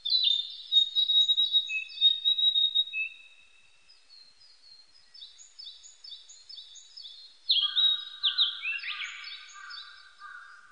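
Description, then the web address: Narcissus flycatcher song: a long steady whistle, then strings of thin high notes, then sharp slurred phrases over lower rolling chirps. Recorded 25 April 1998. "1998 980425 kibitaki"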